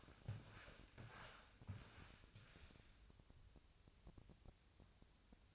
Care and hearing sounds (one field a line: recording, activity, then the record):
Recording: daily activity, microphone in the room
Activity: walk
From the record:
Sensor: 2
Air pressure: 1000.4 hPa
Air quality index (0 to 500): 166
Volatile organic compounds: 3 ppm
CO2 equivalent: 1383 ppm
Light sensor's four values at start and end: 13/34/13/15 and 13/34/13/15